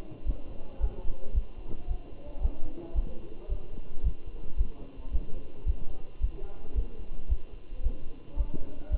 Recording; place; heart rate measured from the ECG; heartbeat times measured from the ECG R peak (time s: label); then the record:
heart sounds by stethoscope; between the tricuspid and mitral areas; 111 bpm
0.28 s: heartbeat
0.82 s: heartbeat
1.36 s: heartbeat
1.89 s: heartbeat
2.43 s: heartbeat
2.97 s: heartbeat
3.51 s: heartbeat
4.05 s: heartbeat
4.59 s: heartbeat
5.14 s: heartbeat
5.68 s: heartbeat
6.22 s: heartbeat
6.77 s: heartbeat
7.30 s: heartbeat
7.84 s: heartbeat
8.38 s: heartbeat
8.92 s: heartbeat
From the record:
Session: Bruce protocol treadmill stress test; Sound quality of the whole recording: good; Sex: male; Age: 27 years